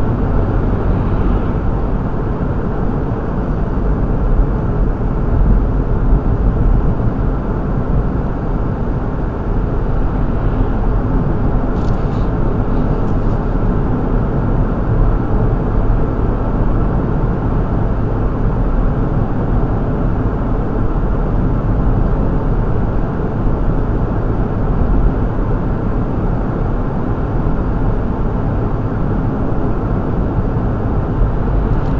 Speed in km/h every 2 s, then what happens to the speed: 66, 66, 61, 61, 60, 64, 66, 68, 68, 68, 66, 66, 66, 64, 64, 66.
4-13 speeds up to 68. 13-32 steady at about 66.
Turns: none.